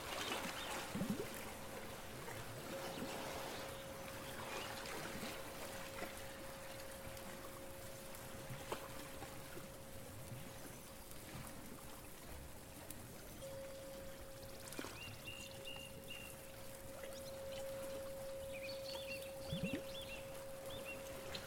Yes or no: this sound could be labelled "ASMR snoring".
no